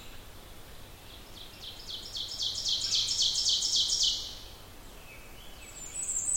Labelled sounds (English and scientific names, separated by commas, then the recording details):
Ovenbird (Seiurus aurocapilla) song
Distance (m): 20 m
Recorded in boreal forest in Alberta, Canada, on 14 June 2016 at 06:12
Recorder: SongMeter 3, array SBT-3-33
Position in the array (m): 107 m, 21 m
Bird 21